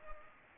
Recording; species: mosquito wingbeat signal from an infrared sensor; Culex pipiens